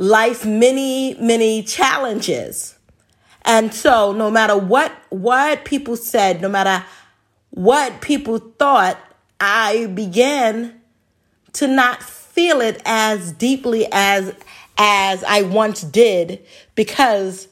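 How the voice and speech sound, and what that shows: An adult woman who has stuttered since childhood speaks in a steady, clear voice. Her speech includes whole-word repetitions such as "many many", "what what" and "as as", several stretched sounds, and frequent pauses. These are mild signs of stuttering in otherwise flowing speech.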